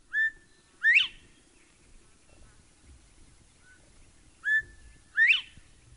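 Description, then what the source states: Northern Bobwhite song: a clear whistled two-note phrase ending in a sharp upward slur, given twice about four seconds apart. Recording played for comparison with a flute rendering of an early-1900s musical notation of its song.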